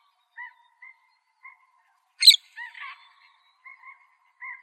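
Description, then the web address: Parrot call: one short, rough, squawking burst midway, among soft two-tone notes. "Parrots AZFO deviche"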